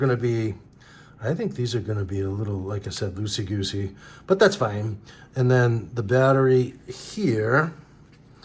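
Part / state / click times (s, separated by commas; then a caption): flight battery into toy drone battery bay / not seated / none. A man talks while a plastic flight battery is handled at the battery bay of a Holy Stone HS110D toy drone. The clip ends before the battery goes home, so nothing has seated or clicked yet.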